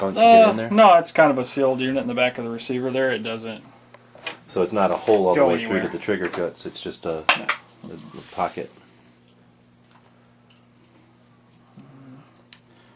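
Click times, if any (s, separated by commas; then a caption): 12.5 s. A quick-detach sling swivel is pushed into the QD socket on a Noveske receiver end plate at the back of a rifle's receiver. Someone talks for about eight seconds, then there is near silence with a few faint taps. A sharp click at 12.5 s marks the swivel popping in and latching into the socket.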